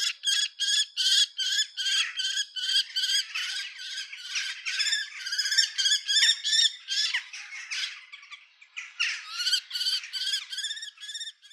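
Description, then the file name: Common kestrel giving a long series of sharp, harsh kee notes, about two to three per second, slightly uneven, with brief pauses near the middle and end. "pustulka"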